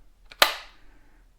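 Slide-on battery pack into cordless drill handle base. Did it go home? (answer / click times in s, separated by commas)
yes / 0.4 s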